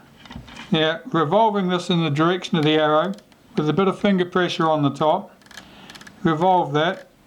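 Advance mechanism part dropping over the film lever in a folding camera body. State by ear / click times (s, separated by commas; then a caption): not seated / none. During reassembly of a Retina 1a folding camera body, an advance mechanism part is turned in the direction of the arrow under light finger pressure so its pin can drop down over the end of the film lever. Someone talks throughout, with a few faint handling taps around 5.5 to 6.1 seconds. Nothing has seated or clicked yet.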